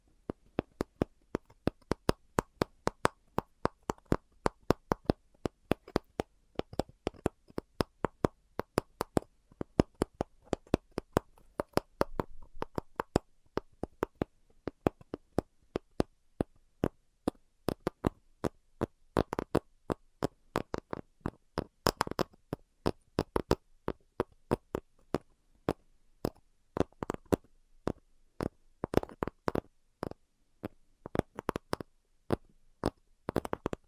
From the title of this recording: ASMR 10 Levels of Tapping